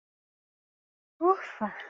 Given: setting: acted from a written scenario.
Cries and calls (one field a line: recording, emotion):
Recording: vocal sound without words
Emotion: relief